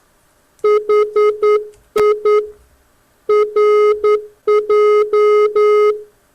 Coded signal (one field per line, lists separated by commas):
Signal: Morse code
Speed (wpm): 10 wpm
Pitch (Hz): 1260 Hz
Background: music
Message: HI RJ